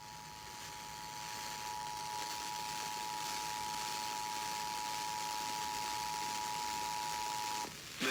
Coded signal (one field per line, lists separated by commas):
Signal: Emergency Alert System (SAME) tones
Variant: 853 and 960 Hz attention tone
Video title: (EAS #792-794) Flash Flood Warning on WFDD-FM, WWLV-FM, and WTQR-FM (7/14/2021)